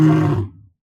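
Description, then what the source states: Lion giving a single short, deep, gravelly roar that quickly fades out. Gruff roar.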